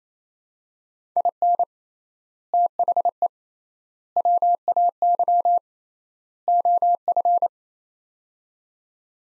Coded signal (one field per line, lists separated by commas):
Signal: Morse code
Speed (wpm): 27 wpm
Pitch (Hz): 700 Hz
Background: none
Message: IN THE WAY OF